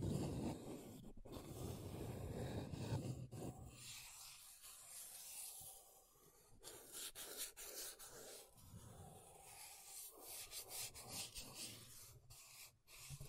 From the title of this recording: MAKEUP TAPPING & SCRATCHING